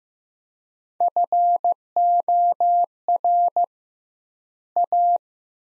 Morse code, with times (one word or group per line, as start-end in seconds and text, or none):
1.0-3.6 FOR
4.8-5.2 A